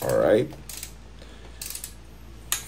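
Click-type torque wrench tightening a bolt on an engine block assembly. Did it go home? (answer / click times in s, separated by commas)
yes / 2.5 s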